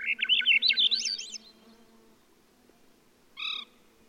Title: Swainson's Thrush